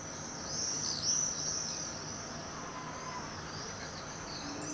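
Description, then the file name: A swift gives a drawn-out shrill, wavering scream early on, followed by fainter high calls over a steady hiss. "Birds Swifts Housemartins"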